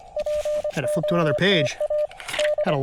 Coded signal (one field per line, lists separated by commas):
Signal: Morse code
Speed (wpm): 25 wpm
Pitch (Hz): 600 Hz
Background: speech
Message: POTA D